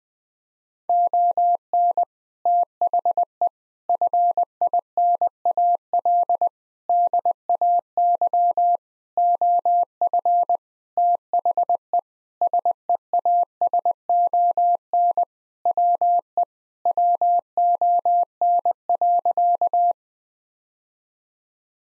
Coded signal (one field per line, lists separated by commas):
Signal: Morse code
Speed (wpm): 20 wpm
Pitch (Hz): 700 Hz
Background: none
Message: ON THE FINAL DAY OF THE SEASON WE WON.